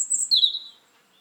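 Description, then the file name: European robin call: one thin, very high whistle that starts shrill and slides lower over under a second, then fades into quiet. "Erithacus rubecula"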